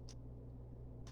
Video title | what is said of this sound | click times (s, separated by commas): Lego set build and review- 60430 Interstellar Spaceship | very satisfying Click and Clack | 0.1 s, 1.1 s